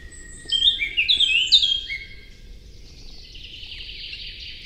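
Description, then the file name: Eurasian blackcap giving a fast, loud warbling phrase of fluttering notes that rise and fall, followed by a softer scratchy continuation and steady background hiss. "Sylvia atricapilla"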